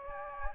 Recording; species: mosquito wingbeat signal from an infrared sensor; Anopheles gambiae